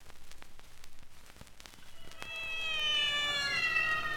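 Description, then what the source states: Domestic cat meowing: scattered clicks and knocks at first, then one long, high, slightly falling meow that lasts to the end. Kittens at an animal pound.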